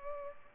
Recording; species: mosquito wingbeat signal from an infrared sensor; Culex pipiens